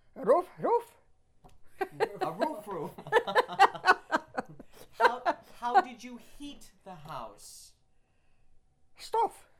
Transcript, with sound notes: Roof roof? [Laughs]
A roof roof. [Laughter] How did you heat the house?
Stove.